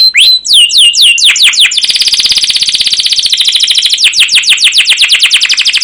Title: CUIT CUIT NGEROL LANGSUNG GACOR PANJANG Kenari Ini AMPUH Utk Pancingan KENAR ( 2). Masteran Suara Burung Kenari Gacor Panjang cuit cuit Ngerol untuk Pancingan Kenari!